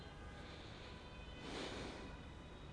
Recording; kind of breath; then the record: one breath in and out by a microphone near the nose and mouth; normal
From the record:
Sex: male